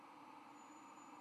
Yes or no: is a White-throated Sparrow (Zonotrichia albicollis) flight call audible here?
no